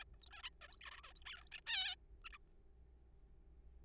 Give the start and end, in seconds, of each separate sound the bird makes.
0.01-0.04, 0.14-0.16, 0.22-0.26, 0.27-0.29, 0.31-0.42, 0.43-0.49, 0.61-0.67, 0.69-0.79, 0.81-0.90, 0.91-1.03, 1.04-1.13, 1.16-1.25, 1.26-1.43, 1.47-1.50, 1.52-1.60, 1.67-1.95, 2.25-2.29, 2.33-2.37